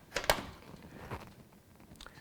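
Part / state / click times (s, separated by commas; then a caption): graphics card into motherboard PCIe slot / seated / 0.2 s, 0.3 s. A graphics card, lined up with a motherboard PCIe slot, is pushed straight in until the slot latch clicks. Sharp clicks are heard at 0.2 s and 0.3 s, the second louder, and the card is seated. Fainter ticks follow near 1.3 s and 2.0–2.1 s over a quiet background.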